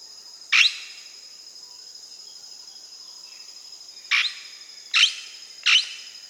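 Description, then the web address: Blue-headed Parrot calls: four harsh, sharp shrieks, one alone then three in quicker succession, over a steady high-pitched insect drone. Recorded in South America. "Natures Songs S America Blue-headed Parrot"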